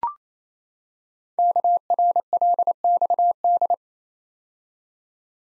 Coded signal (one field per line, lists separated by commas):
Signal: Morse code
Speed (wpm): 29 wpm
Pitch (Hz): 700 Hz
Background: none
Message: KRLXD